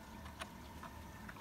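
A 300 Blackout rifle brass case is being pushed into a metal case-trimming jig, meant to travel through until it hits a detent and locks in place. Only faint handling noise and brief soft ticks are heard over a steady low background, and nothing has seated or clicked yet.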